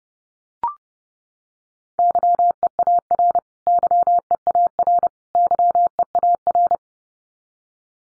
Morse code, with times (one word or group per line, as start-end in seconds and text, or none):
2.0-3.4 YEAR
3.7-5.1 YEAR
5.4-6.8 YEAR